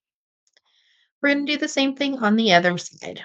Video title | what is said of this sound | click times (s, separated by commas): Making a bracelet from the Soft Flex Live Sale claims | I'm going to add it to my soflex wire and give it a close you'll hear a little click | 0.5 s, 0.6 s